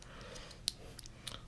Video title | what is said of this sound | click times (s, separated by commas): Gopro Hero 5 Skeleton Housing w/side door & lens removal Demo | hook, if you will, is just right underneath that little metal bar, and it pops right in. | 0.7 s